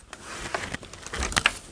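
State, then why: Seated. A folded Big Max IQ+ golf trolley frame is pulled apart by its handle, with scraping and rattling from the frame as it unfolds. Two sharp, loud clicks at 1.4 s and 1.5 s mark the frame joint near the top locking into its detent, and the frame is latched open.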